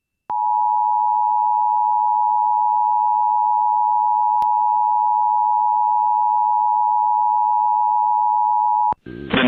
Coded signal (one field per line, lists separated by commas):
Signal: Emergency Alert System (SAME) tones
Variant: 853 and 960 Hz attention tone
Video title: Again Another TOR On 96.5 FM EAS #300!